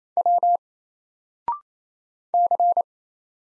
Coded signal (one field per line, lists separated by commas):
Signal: Morse code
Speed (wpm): 27 wpm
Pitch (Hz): 700 Hz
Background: none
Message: W C